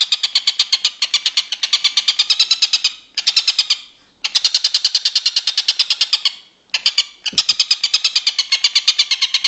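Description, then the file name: Stork-billed kingfisher giving long runs of rapid, harsh repeated notes in several bursts separated by brief pauses. "tengkek buto om andri"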